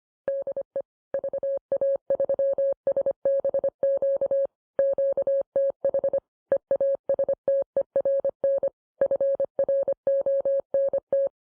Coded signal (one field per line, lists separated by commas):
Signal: Morse code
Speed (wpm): 25 wpm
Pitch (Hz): 550 Hz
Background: music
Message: DE VA3SBQ QTH EASTERN FRONT